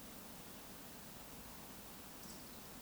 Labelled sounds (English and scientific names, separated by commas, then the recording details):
Eurasian Woodcock (Scolopax rusticola) whistle, Eurasian Woodcock (Scolopax rusticola) croak
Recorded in Baden-Württemberg, Germany, on 15 May 2020 at 19:33 UTC
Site 46190, 1214 m above sea level